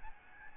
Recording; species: mosquito wingbeat signal from an infrared sensor; Aedes albopictus